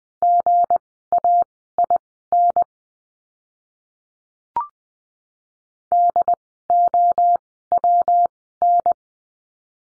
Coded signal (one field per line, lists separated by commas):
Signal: Morse code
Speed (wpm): 20 wpm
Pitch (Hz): 700 Hz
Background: none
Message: GAIN DOWN